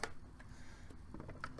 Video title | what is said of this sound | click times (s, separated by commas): Mini Haul, March Color Along Announcement, and a pre-view of my organizational systems | that just fits over the top and snaps back into place, and away we go. | 1.4 s